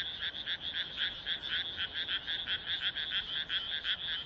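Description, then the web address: Frogs croaking in a high, rasping chorus, short pulsed notes repeating rapidly with overlapping callers throughout. "kaeru kaeru"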